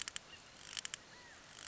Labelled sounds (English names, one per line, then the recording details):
California Quail
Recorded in Sonoma County, California